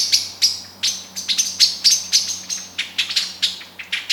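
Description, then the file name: Eurasian blackbird calling with loud, hard chink notes, irregularly spaced, several every second. "Turdus merula"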